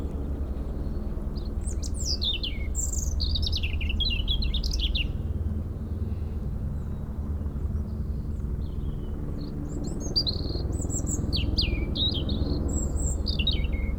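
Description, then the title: European robin singing two clusters of bright, tumbling high phrases separated by a pause, over heavy low helicopter noise. Singing in a hedge near Lac du Bourget, Brison-Saint-Innocent, France, during helicopter lifting work on the Colombière cliff, engine sound echoing off Mont Corsuet; Zoom H4n Pro placed vertically on ground. "4 Chem. de la Pointe Forestier, Brison-Saint-Innocent, France - Duo rouge-gorge hélicoptère"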